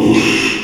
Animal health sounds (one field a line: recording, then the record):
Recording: squeal of a Yucatan mini pig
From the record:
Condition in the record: after surgery on the right vocal fold (resection and tissue-engineered implant)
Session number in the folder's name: 1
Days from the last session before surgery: 6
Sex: male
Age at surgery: 12 weeks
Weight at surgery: 13 kg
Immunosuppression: cyclosporine, prednisolone